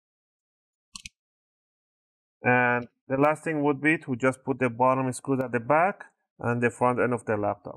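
Small gaps along the edge of the plastic bottom cover of an HP Pavilion Gaming 15 Ec0002 laptop are pinched closed, and the plastic snap clips seat with two quick clicks at 0.96 s and 1.06 s. After a pause, someone talks.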